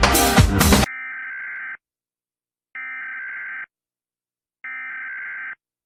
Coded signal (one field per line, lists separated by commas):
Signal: Emergency Alert System (SAME) tones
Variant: header bursts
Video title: EAS alarms and my opinion on them